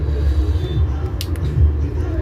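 During reassembly of a Samsung Galaxy Note 8, a flex or battery connector is pressed back onto its logic board socket and snaps in with a short, sharp click at 1.2 s, followed by a fainter tick at about 1.4 s. Steady low rumble and hum fill the background, and the connector is seated.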